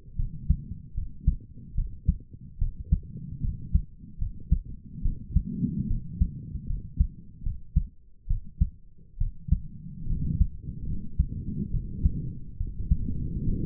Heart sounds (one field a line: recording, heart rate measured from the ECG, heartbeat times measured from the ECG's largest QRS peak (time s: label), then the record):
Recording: heart sounds by stethoscope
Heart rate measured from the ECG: 72 bpm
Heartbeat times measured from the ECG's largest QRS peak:
0.16 s: heartbeat
0.94 s: heartbeat
1.74 s: heartbeat
2.58 s: heartbeat
3.41 s: heartbeat
4.18 s: heartbeat
5.02 s: heartbeat
5.87 s: heartbeat
6.66 s: heartbeat
7.43 s: heartbeat
8.27 s: heartbeat
9.17 s: heartbeat
10.06 s: heartbeat
10.85 s: heartbeat
11.70 s: heartbeat
12.57 s: heartbeat
13.44 s: heartbeat
From the record:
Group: healthy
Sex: female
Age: 22 years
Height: 154 cm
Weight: 58.7 kg